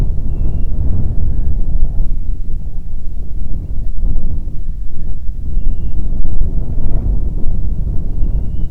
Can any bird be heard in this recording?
yes